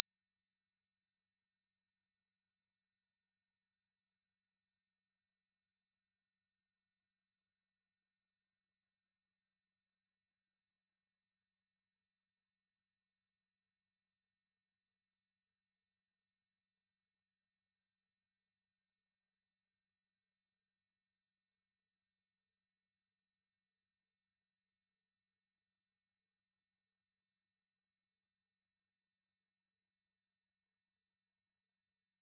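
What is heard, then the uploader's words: A pure 5607 Hz sine tone holds perfectly steady for the full length, a single thin, piercing high whistle. Its loudness never changes, it starts and ends without any fade, and there are no other sounds behind it. 5607 Hz 1 Hz Interval Sine Pure Tone Frequency 441000 Sample Mono.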